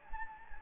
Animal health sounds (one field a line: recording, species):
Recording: mosquito wingbeat signal from an infrared sensor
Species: Anopheles gambiae